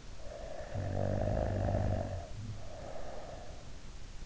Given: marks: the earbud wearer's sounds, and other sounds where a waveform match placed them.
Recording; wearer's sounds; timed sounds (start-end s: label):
sounds in sleep by an in-ear microphone; snoring breath
0.32-3.72 s: snoring breath